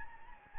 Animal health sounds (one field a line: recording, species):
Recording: mosquito wingbeat signal from an infrared sensor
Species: Anopheles gambiae